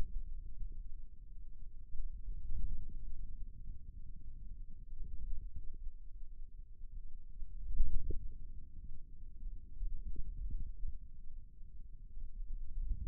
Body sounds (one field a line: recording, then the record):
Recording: forearm muscle sounds (acoustic myography)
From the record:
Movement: hand closing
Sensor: system 2, bracelet of six BSWA MPA416 microphones around the upper forearm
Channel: 3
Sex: male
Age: 22 years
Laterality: right